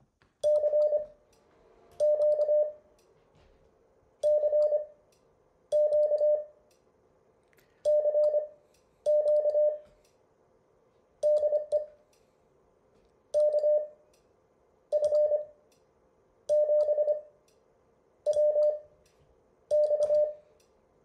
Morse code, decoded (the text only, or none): CQ CQ CQ DE KF7WX